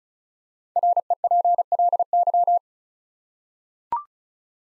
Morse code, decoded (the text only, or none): REPLY